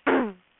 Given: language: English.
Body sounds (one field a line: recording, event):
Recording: throat vibration sensor signal played as sound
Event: throat clearing